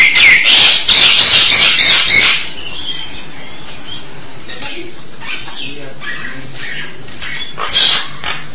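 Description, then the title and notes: Starling song opening with a loud burst of rasping chatter, then quieter scattered squawks and short whistles, and a brief harsh flourish near the end. "suara burung jalak"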